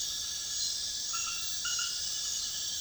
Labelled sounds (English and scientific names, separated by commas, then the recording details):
none
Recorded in dense forest near Puerto Asís, Putumayo, Colombia, on 20 February 2024 at 23:30
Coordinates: 0.502, -76.324
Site G6370